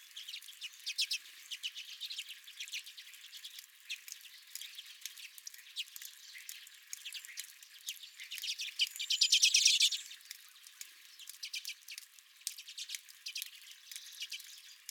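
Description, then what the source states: Redpolls calling, dry rattling chatter and buzzy twitters overlapping throughout, with a louder burst of chatter past the middle. At the recordist's own feeder.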